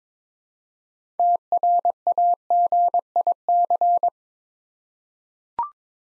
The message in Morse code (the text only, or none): TRAGIC